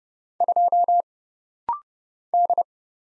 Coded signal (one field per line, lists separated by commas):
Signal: Morse code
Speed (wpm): 29 wpm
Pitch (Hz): 700 Hz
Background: none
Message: 2 D